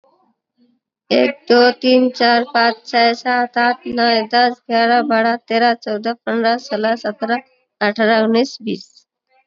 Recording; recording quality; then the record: counting at a fast pace; moderate, slight background noise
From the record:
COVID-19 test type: RT-PCR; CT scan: not taken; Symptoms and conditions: cough, sore throat, another condition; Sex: female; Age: 22 years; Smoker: no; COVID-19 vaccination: both doses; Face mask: worn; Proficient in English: yes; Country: India